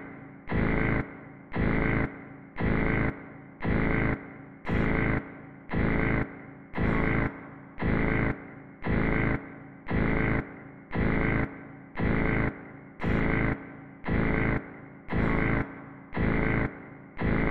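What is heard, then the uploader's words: VCR signal noise pulses on and off in a steady rhythm, loud buzzing bursts about every second with brief quieter gaps between them. Various VCR signals and VHS noises collated to make this nonsense.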